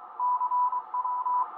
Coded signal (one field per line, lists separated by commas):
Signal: Morse code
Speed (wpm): 23 wpm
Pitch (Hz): 990 Hz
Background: none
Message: CW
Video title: Tango Sierra 820 Line | Kenwood TS-820 Excellent Hybrid Transceiver | Listening 40 meter band